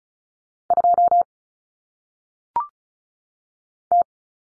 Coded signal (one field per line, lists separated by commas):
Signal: Morse code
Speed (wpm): 36 wpm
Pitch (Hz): 700 Hz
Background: none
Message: 2 T